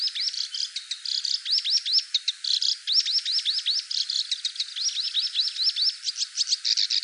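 Black-browed reed warbler song: rapid high, rising and falling notes delivered in an unbroken chattering stream.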